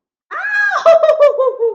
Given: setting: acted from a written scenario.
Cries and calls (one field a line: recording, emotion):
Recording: vocal sound without words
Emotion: elation